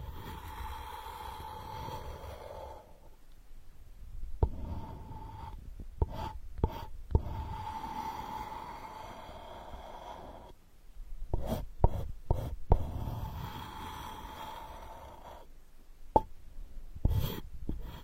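Straw therapy ear digging: a steady low whooshing rumble with a faint high whine runs through most of the clip, dropping out around 3 and 10 seconds. Sharp scratchy clicks and pops break in repeatedly, clustering around 4–7, 11–13 and 16–18 seconds.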